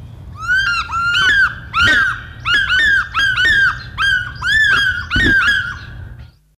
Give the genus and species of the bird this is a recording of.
Haliaeetus vocifer